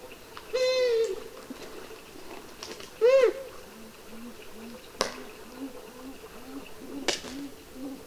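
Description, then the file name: Long-eared owl calls: two loud arched nasal squeals, followed by a series of soft low notes, with two sharp clicks. "Hibou moyen duc"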